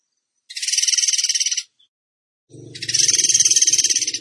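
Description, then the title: Bird giving harsh, buzzy pulsed bursts about a second or more long, the second burst accompanied by a low, rough rumbling sound underneath. Training recording (masteran) for cage birds in the tembakan gacor song style. "Masteran Burung Tembakan Gacor"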